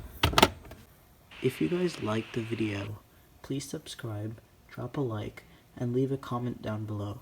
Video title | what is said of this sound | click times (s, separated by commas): Cabin Air Filter replacement for Toyota Prius Prime(2017-2022), and Toyota Prius(2016-2022) | and then we're going to push it into place when we hear that click and then we are done | 0.2 s, 0.4 s